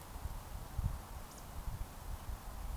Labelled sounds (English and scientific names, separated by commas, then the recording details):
Eurasian Woodcock (Scolopax rusticola) whistle
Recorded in Baden-Württemberg, Germany, on 3 June 2021 at 20:00 UTC
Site 45499, 200 m above sea level